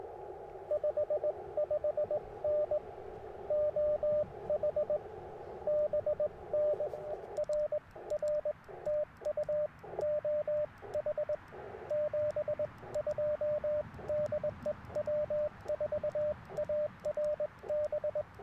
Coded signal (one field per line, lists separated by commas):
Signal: Morse code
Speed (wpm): 21 wpm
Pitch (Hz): 590 Hz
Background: radio noise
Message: 55N OH BN RR TU OH 72 DE W4ARB